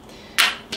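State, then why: Seated. A battery tray is slid back up into a Browning trail camera and given a firm press, seating it with a sharp hit at 0.4 s. A fainter short tick follows at 0.7 s over a quiet background.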